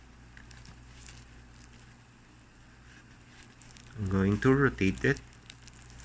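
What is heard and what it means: A bicycle computer is placed and lined up on a 3D-printed ABS handlebar mount clip, ready to be rotated 90 degrees to snap it in. Faint handling taps and rustles sit under a low hum while someone talks. Nothing has seated or clicked yet.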